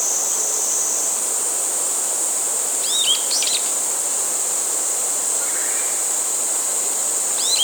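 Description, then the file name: Brown-eared bulbul, one burst of sharp slurred notes midway and another starting at the end, over a persistent high insect whine. 27 July 2016. "Ixos amaurotis"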